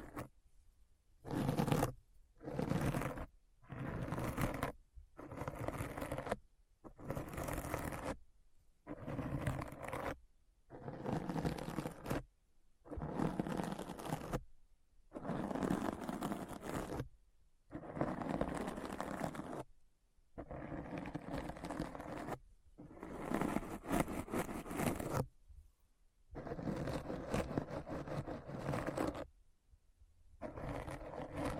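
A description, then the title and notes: A deep, rough scratching comes in bursts separated by short silences. Early strokes are quick, lasting about a second each. From around ten seconds the scrapes stretch longer, two to three seconds, with a gritty, grinding low end and a hissy top. ASMR Deep Brain Scratch (No Talking).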